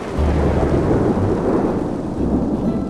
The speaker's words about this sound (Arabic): نزل المطر